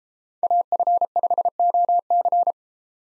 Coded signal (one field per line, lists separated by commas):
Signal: Morse code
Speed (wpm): 33 wpm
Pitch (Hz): 700 Hz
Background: none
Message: AF5OC